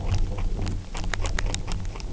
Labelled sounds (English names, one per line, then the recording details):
none
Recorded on Arctic tundra, site UTQI-0, on 29 June 2018
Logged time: 08:00